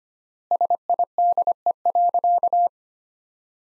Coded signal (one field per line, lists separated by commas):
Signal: Morse code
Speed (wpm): 25 wpm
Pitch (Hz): 700 Hz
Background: none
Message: SIDE.